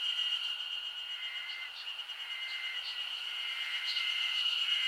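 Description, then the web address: Insects in a dense chorus: a steady high shrill drone with shorter lower tones breaking in now and then, plus faint clicks above. Summer insect ambience recorded in Japan. "Sound Effects-Foundation 1 AMBIENCE JAPANESE SUMMER INSECTS 01"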